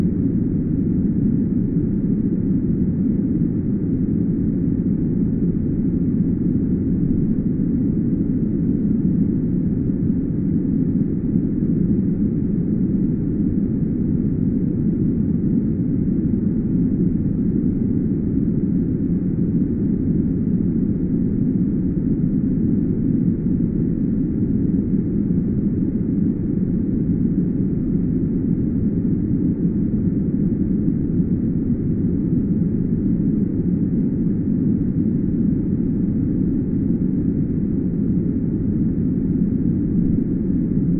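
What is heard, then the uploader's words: Uninterrupted pink noise holds perfectly steady for the whole clip, with no events or changes in level. The hiss is dark and heavy, strongest in the low rumble and fading out well before the high end, like a distant constant roar. 30 minutes of uninterrupted pink noise for sleep, study, or nap time.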